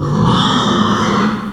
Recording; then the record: squeal of a Yucatan mini pig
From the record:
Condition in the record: after surgery on the right vocal fold (resection and tissue-engineered implant); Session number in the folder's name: 16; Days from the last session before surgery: 183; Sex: female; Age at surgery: 19 weeks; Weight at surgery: 25 kg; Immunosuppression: prednisolone